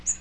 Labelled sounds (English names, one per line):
Magnolia Warbler flight call